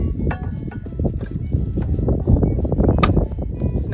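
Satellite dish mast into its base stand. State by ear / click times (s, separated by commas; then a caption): seated / 3.0 s. A Starlink satellite dish mast is pushed into its plastic base stand, with small knocks and rustling over a steady low background. It snaps in with a sharp click at 3.0 s and is seated.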